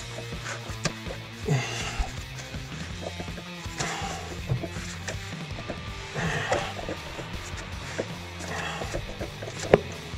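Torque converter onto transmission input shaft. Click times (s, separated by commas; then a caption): 0.9 s, 9.7 s. Over background music, a torque converter is worked onto the transmission input shaft and pump of a 1967 Dodge D200 pickup. It drops into engagement in two steps, with a sharp clunk at 0.9 s and another at 9.7 s, and the converter is seated on the splines.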